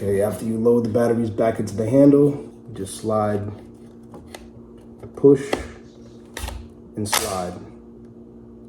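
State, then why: Seated. A plastic battery holder, loaded with batteries, is slid and pushed home into the handle of an RC transmitter while someone talks. Soft sliding ticks lead up to one distinct click at 6.4 s, showing the holder has made connection and is locked in.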